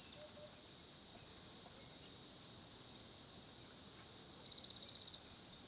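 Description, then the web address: Crickets chirping: a steady high-pitched trill throughout, then a loud burst of rapid pulsed chirps lasting about two seconds. Background cricket ambience recorded at a small pond at Olifants in Kruger National Park, South Africa, at 10:30 am. "Tonschliff - SOUTH AFRICAN CRICKETS BG South Africa Kruger Olifants 1030 am small pond"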